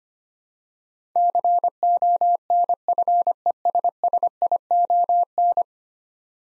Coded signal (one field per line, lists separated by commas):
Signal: Morse code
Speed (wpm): 25 wpm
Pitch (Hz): 700 Hz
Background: none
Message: CONFESSION